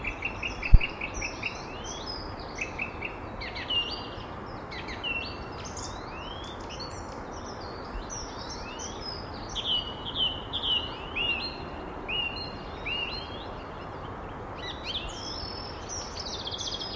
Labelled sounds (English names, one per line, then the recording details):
Song Thrush song
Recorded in the wild
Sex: male
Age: adult
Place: Erlangen, NSG Brucker Lache, Bayern, DE
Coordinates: 49.5644, 11.0131
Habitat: forest
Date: 1962-03-28
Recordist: Tretzel, Erwin